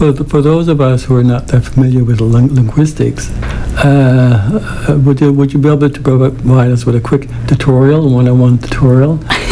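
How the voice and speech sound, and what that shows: An adult man asks a question in a steady, clear voice. His speech breaks with repeated opening words ('for, for', 'would you, would you'), a drawn-out 'uh' and a stretched word before he continues. These repetitions and prolongations fit stuttering; P sounds and air sounds (fricatives) are his particular difficulty.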